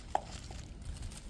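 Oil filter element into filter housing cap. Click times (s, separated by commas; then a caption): 0.2 s. An oil filter element for a 2013–2015 Jaguar XK, with its two internal tabs lined up, is pressed into the filter housing cap. It snaps in with a sharp, loud click at 0.2 s, followed by a much fainter tick near 1.0 s, and the element is seated in the cap.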